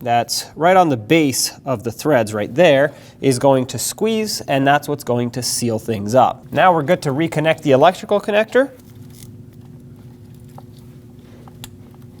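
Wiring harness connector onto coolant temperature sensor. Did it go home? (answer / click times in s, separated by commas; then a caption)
yes / 11.6 s. A wiring harness electrical connector is pushed onto a new coolant temperature sensor on a 2006-2015 Lexus IS250 while someone talks for the first nine seconds. After that, small handling sounds lead to a sharp click at 11.6 s as the connector seats, confirmed as definitely clicked in.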